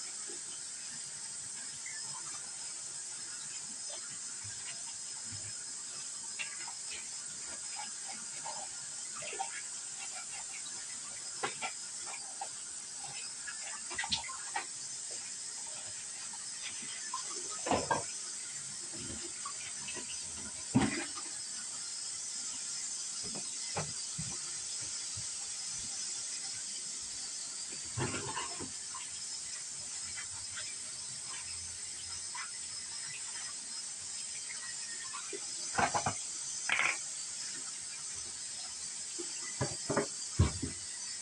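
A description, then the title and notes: Dishes clink and clatter now and then over a steady bright hiss like running water, with sharper knocks near the end. Doing dishes.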